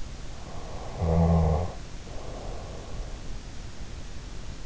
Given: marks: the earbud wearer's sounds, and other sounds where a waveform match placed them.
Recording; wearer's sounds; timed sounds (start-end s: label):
sounds in sleep by an in-ear microphone; snoring breath
0.53-3.21 s: snoring breath